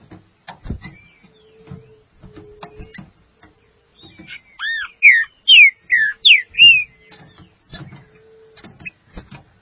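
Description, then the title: Green-winged saltator singing a bright burst of slurred whistled notes, some doubled, amid quieter chips and frequent clicking and knocking sounds. "Trinca Ferro"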